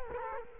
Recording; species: mosquito wingbeat signal from an infrared sensor; Culex quinquefasciatus